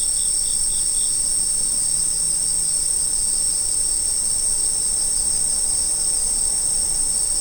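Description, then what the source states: Insect chorus, a level high-pitched ringing drone, with a few quick chirps at the very start and then only the steady whine. Autumn insect sounds.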